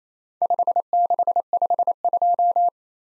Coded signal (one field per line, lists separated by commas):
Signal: Morse code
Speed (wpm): 28 wpm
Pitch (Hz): 700 Hz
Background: none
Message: 5652